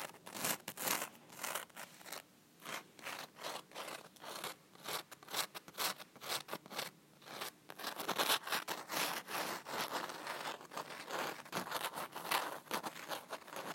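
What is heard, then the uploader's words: Fingers tap and scratch on top of a plain, un-iced cake. Quick bright ticks come in rapid bursts for the first half, then rougher, denser scratching takes over after about eight seconds, mixed with more taps, staying steady to the end. Cake tapping and scratching. Fast tapping, then scratching, then a mixture of both, on the top of an un-iced/-frosted cake.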